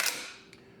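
The piston and bolt carrier group is pressed down into the channel at the rear of the receiver of a Palmetto State Armory (PSA) GF3 AK-pattern rifle and slid forward until it locks into place. A loud, hissy burst of noise at the start fades away, then a single sharp metallic click sounds at 0.5 s as the bolt carrier group seats in the receiver.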